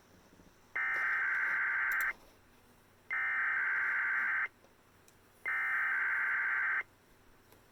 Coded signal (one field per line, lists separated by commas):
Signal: Emergency Alert System (SAME) tones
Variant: header bursts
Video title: EAS 1788 Portland Oregon RWT